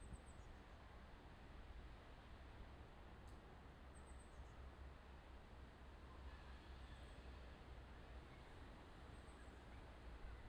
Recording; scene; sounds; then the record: everyday scene through a hearing-aid microphone; wind on the microphone; gentle breeze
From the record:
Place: parking lot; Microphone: in the ear canal, left